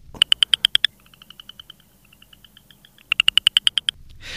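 Southern chorus frog giving two loud ratcheting pulsed trills, with a run of fainter pulses between them.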